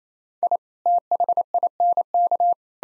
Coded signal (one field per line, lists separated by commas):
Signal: Morse code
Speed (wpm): 28 wpm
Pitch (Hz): 700 Hz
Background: none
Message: I THINK